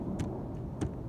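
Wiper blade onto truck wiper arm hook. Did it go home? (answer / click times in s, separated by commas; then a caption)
yes / 0.8 s. A new wiper blade is slid forward onto the hook of a truck wiper arm over a steady low rumble. Its plastic adapter gives a short, sharp click at 0.8 s, and the blade is seated and locked on the arm.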